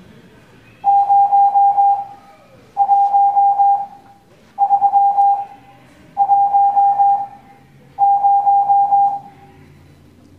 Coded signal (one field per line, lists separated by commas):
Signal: Morse code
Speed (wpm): 21 wpm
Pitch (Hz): 800 Hz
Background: none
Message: 01310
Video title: Morse Code Class 06